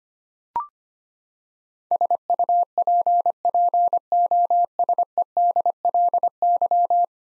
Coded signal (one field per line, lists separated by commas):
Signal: Morse code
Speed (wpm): 25 wpm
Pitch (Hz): 700 Hz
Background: none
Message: SUPPOSEDLY